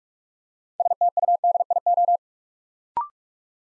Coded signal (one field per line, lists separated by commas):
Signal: Morse code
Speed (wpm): 44 wpm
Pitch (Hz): 700 Hz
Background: none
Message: STUDIO